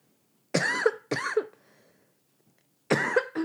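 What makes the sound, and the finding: Adult woman. Cough.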